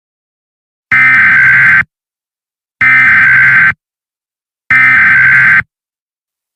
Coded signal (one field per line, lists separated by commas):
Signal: Emergency Alert System (SAME) tones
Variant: header bursts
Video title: EAS Scenario #3: Irradiating Chaos.